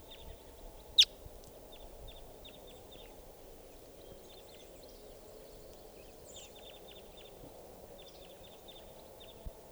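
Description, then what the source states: Crossbill calls, short downward chips repeated irregularly throughout, faint, with one sharp loud click near the start over steady background hiss. Wild female crossbill calling.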